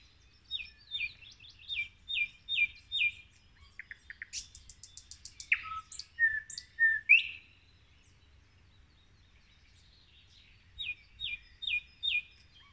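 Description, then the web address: Common nightingale song in varied phrases: repeated whistled notes, fast rattles, sharp slurred notes, a pause of silence, then the repeated whistles return. "rossignol ordinaire chant du rossignol"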